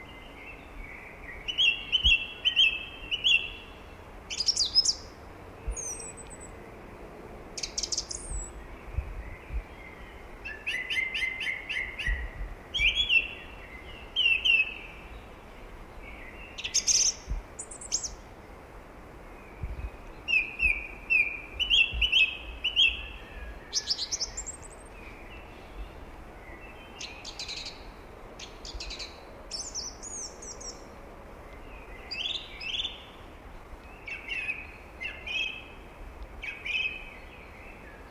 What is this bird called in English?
Song Thrush